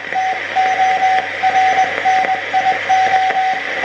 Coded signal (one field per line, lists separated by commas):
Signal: Morse code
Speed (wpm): 20 wpm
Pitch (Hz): 750 Hz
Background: radio noise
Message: TORNIO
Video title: 3D printed vacuum tube transmitter QRP CW QSO